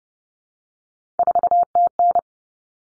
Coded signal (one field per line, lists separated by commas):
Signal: Morse code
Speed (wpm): 30 wpm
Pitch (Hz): 700 Hz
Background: none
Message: 4TN